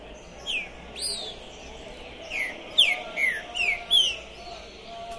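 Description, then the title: Green-winged saltator song: a run of clear descending whistles, several notes spread over a few seconds. Captive trinca-ferro singing and calling to warm up for a singing contest, at the tournament entrance; 2021. "ESQUENTAR Seu TRINCA Piando, Cantando E Macheando Na DISPUTA. TRINCA FERRO PORTA do TORNEIO Trinca Ferro Pistoleiro 2021"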